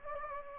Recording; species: mosquito wingbeat signal from an infrared sensor; Anopheles gambiae